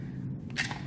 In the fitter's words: it's not locked, even though it says that it is.